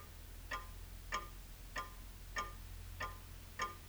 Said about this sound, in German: Nein, die Uhr steht. Die Uhr steht nicht. Doch, die Uhr steht. Wenn du ganz still bist, kannst du sie ja ticken hören.